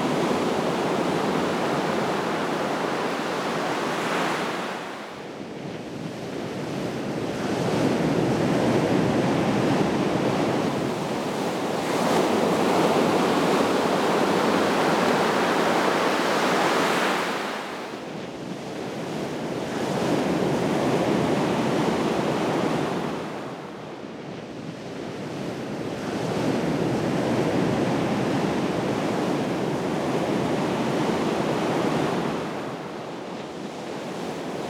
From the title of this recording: The Waves Rumble Toward Us